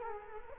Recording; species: mosquito wingbeat signal from an infrared sensor; Culex quinquefasciatus